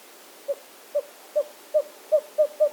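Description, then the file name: Western screech owl with a run of seven low hollow hoots, spacing tightening slightly as the series goes on. Recorded 13 March 2008. "WESOwl 2008-3-13 short 1 by Andrew Spencer"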